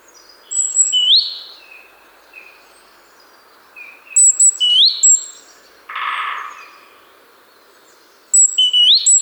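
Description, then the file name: Great tit calls: short upswept notes near the middle of the range and thin high whistles in three bursts, with a brief rushing noise between them. "Parus major"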